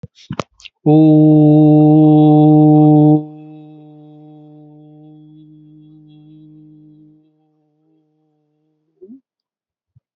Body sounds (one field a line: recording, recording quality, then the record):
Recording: sustained vowel as in boot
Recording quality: excellent, no background noise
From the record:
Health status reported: healthy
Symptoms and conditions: hypertension, diabetes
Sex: male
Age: 57 years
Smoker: not ticked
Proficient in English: yes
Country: India